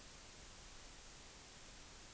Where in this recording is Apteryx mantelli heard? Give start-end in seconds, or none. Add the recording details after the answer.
none. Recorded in New Zealand on 16 June 2014. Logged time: 03:08